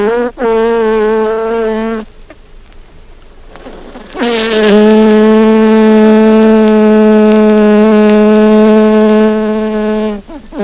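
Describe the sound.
European honey bee buzzing: a two-second hum, a quiet pause with faint sounds, then a long, loud, steady buzz lasting about six seconds.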